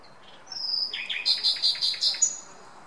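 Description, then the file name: Common nightingale song phrase: a thin sustained whistle leads into a rich burst of quick repeated chirping notes, ending on a high clear note. "Luscinia megarhynchos"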